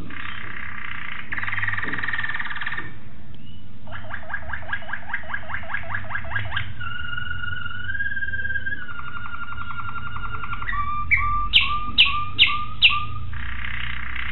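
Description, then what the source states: Waterslager canary song in varied tours: a buzzy roll, rapid repeated clicking notes, steady flute-like tones, then a string of loud rising whistles before another rolling trill, over a low hum. Waterslager canary; song variations.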